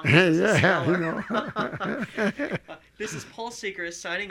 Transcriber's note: they laugh